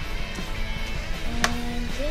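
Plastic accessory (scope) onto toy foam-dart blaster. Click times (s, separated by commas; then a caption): 1.4 s. A plastic scope accessory is pushed onto a toy foam-dart blaster over a steady tonal, music-like background. A single sharp click sounds at 1.4 s as the scope locks into place, and it is seated.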